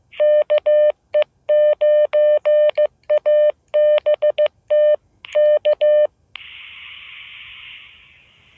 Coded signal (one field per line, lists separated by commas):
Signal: Morse code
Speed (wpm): 15 wpm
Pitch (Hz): 600 Hz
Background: none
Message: KE9ABT K